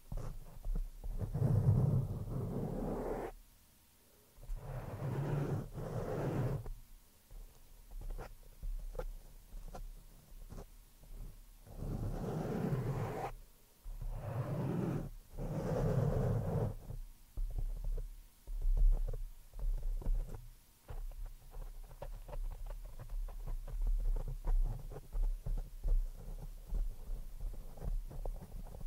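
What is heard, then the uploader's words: Scratching on the microphone, rough low rumbling swells in bursts every few seconds, then a denser run of quick crackling scrapes toward the end. ASMR PURE SCRATCHING ON THE MICROPHONE NO TALKING.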